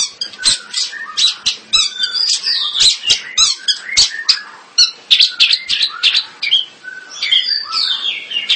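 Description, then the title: Long-tailed shrike song: rapid, rattling chatter mixed with squeaky and whistled notes, running on without pause, with sharp clicks throughout. "Kicau Burung Pentet"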